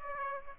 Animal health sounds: mosquito wingbeat signal from an infrared sensor; Aedes aegypti

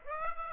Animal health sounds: mosquito wingbeat signal from an infrared sensor; Aedes aegypti

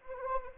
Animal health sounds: mosquito wingbeat signal from an infrared sensor; Anopheles arabiensis

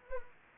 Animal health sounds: mosquito wingbeat signal from an infrared sensor; Anopheles arabiensis

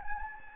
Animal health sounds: mosquito wingbeat signal from an infrared sensor; Anopheles gambiae

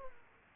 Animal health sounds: mosquito wingbeat signal from an infrared sensor; Aedes aegypti

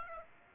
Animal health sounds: mosquito wingbeat signal from an infrared sensor; Aedes aegypti

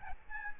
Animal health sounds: mosquito wingbeat signal from an infrared sensor; Aedes albopictus

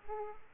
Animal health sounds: mosquito wingbeat signal from an infrared sensor; Aedes aegypti

